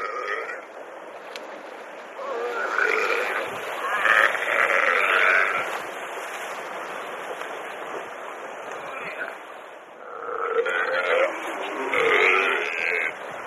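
Seal or sea lion calls: hoarse, bleating harmonic wails in two main bouts, one from about three to five seconds and another from about ten to thirteen seconds, over steady hiss.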